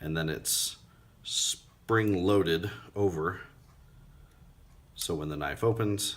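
A man talks while a liner-lock folding knife is handled; its spring-loaded liner lock bar is meant to engage the blade tang as the blade opens. Between phrases, a few brief high-pitched hissy bursts are heard. The lock has not yet engaged, and nothing has clicked into place yet.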